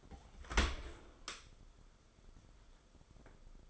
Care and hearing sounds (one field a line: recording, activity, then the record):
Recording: daily activity, microphone in the room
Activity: open dishwasher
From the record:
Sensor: 5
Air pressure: 994.5 hPa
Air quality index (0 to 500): 194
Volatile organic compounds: 1000 ppm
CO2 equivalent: 5736 ppm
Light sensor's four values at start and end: 50/150/59/65 and 49/149/58/64